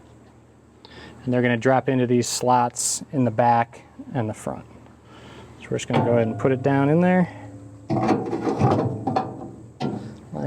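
Someone talks while a metal heat baffle (heat diffuser) is lowered into a Z Grills pellet grill so its tabs drop into the front and back slots over the firebox. Short metallic knocks and clanks sound around 9.1 s and 9.8 s as it is set in place. Nothing has locked or clicked yet.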